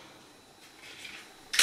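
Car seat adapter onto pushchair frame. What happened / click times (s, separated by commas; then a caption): The plastic adapter clipped onto the frame / 1.5 s, 1.6 s. A plastic car seat adapter is clipped onto a metal pushchair frame. Faint rustling and handling noise lead up to two sharp clicks at 1.5 and 1.6 seconds. The adapter is seated on the frame.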